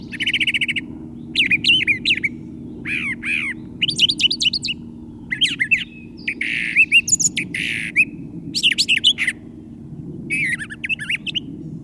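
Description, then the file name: Brown thrasher song: varied phrases of harsh, buzzy and whistled notes, each sharply pitched and separated by brief pauses, with a steady low hum beneath. "suara-kicauan-brown-trasher -omkicau"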